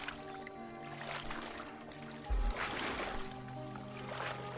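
People wade through a river, water sloshing and splashing in uneven surges, with a dull low thump partway through and a steady tonal drone underneath.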